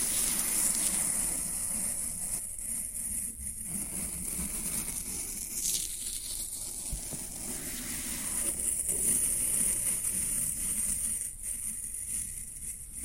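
Floral foam gives off a steady, fine crackling fizz over a thin high hiss, with low rustling underneath and a brief tap near seven seconds.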